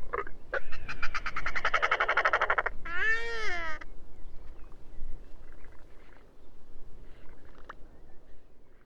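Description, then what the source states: Royal albatross calls: a long braying rattle of rapid pulses, then a harsh arched wail around three seconds, followed by fainter scattered clicks and grunts. Several birds singing together.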